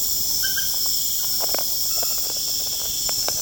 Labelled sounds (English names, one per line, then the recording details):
none
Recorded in pastures near Puerto Asís, Putumayo, Colombia, on 25 June 2025 at 20:30
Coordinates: 0.496, -76.326
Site GP01